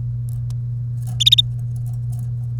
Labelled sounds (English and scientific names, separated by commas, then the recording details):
Domestic Canary (Serinus canaria) song
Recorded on 1 May 2018 at 08:33
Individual llb3